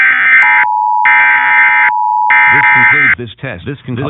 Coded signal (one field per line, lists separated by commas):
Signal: Emergency Alert System (SAME) tones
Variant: end-of-message bursts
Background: speech